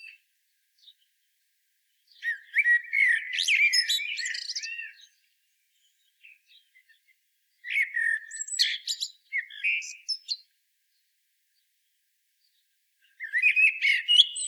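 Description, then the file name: Common blackbird song: three separated phrases, each a low fluty warble sliding into a squeaky, scratchy twitter, with quiet pauses between them. "Turdus merula"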